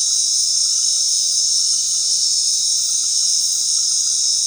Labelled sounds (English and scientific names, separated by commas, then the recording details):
none
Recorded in dense forest near Puerto Asís, Putumayo, Colombia, on 21 February 2024 at 19:00
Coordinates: 0.499, -76.324
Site G6469